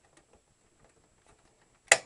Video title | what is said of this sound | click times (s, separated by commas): Dell Dimension E521 full upgrade | used round and just push on the top until you hear a clicking on either side you might | 1.9 s